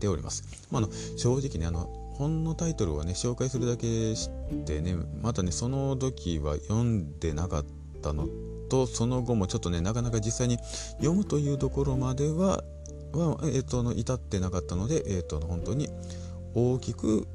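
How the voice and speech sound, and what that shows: An adult man with stuttering speaks Japanese in a low voice, leaning on strings of repeated starter fillers, with a repeated syllable, stretched sounds and abrupt pauses breaking the flow. These disfluencies fit stuttering, with fillers used to get words started.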